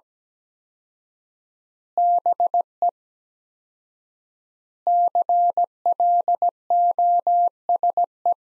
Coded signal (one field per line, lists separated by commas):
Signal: Morse code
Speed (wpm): 17 wpm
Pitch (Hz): 700 Hz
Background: none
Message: BE CLOSE